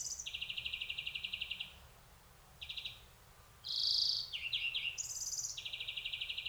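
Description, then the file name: European greenfinch rattling trills, a pause and a short trill, then a bright wheeze followed by jumbled trilled notes and another long rattle. "Chloris chloris"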